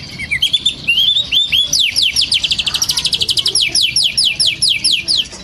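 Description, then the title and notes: Oriental magpie-robin song: a few rising whistles, then a fast run of repeated downward-slurred notes. Long-duration 'isian' filler song, used for training caged birds to sing actively day and night. "Kacer Jadi Gacor Siang Malam. Isian Kacer Durasi Panjang"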